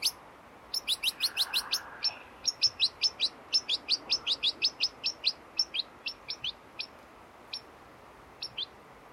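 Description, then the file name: European goldfinch calls: quick runs of high, sharp twittering notes in a steady stream that slows and thins out toward the end; faint background hiss. "Carduelis carduelis"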